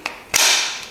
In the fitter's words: mai puternic, face un clic și mai puternic.